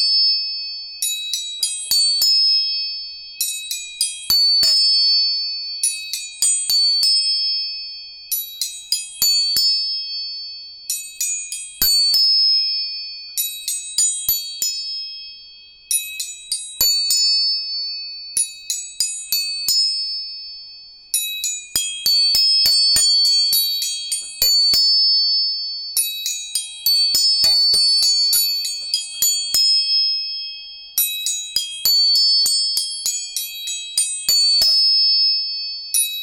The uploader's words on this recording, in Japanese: 音叉チューニング全体性。